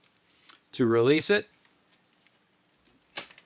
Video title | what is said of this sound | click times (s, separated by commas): TruCozie Cordless Vacuum: Good Lightweight Vacuum Cleaner for Seniors? | Push it till it snaps | 0.5 s